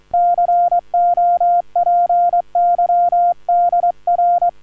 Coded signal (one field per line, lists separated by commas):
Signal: Morse code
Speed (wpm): 22 wpm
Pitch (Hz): 690 Hz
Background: none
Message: COPY DR